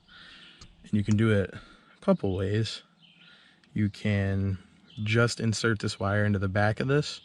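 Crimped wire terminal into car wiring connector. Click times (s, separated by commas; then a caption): 0.6 s. A crimped jumper wire terminal is pushed into a pin cavity of a car wiring connector to bridge pin three to pin seven, and a short click at 0.6 seconds marks it snapping into place. Someone talks over most of the clip.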